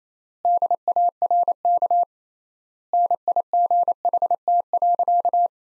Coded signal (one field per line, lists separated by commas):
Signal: Morse code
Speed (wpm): 28 wpm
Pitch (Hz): 700 Hz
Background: none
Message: DARK NIGHT.